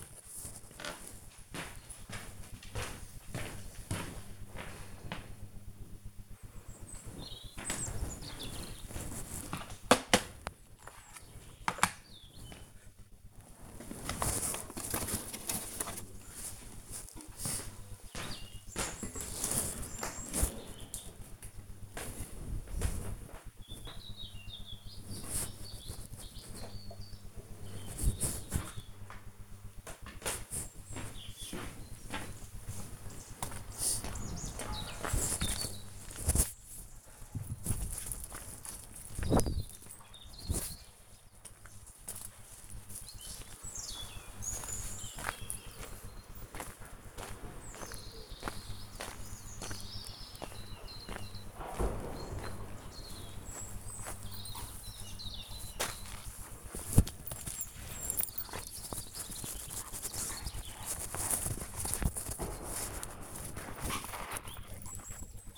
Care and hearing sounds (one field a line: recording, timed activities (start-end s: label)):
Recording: household activities, microphone on the right wrist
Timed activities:
40.52-65.58 s: play with the dog